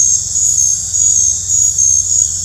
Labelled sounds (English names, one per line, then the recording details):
none
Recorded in dense forest near Puerto Asís, Putumayo, Colombia, on 20 December 2024 at 20:00
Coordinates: 0.468, -76.322
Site G071